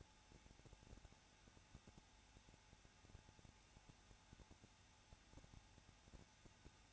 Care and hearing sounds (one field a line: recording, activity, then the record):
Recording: daily activity, microphone in the room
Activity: no activity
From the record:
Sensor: 2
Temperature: 21.0 degrees Celsius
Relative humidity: 34.3%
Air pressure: 994.3 hPa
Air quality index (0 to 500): 173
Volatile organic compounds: 3 ppm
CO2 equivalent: 1341 ppm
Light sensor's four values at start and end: 2/3/2/2 and 2/3/2/2